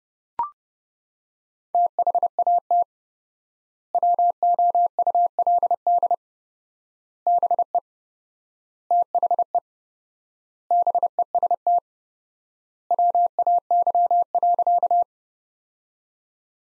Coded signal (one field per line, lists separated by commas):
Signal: Morse code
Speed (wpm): 32 wpm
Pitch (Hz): 700 Hz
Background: none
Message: THAT WOULD BE THE BEST WAY.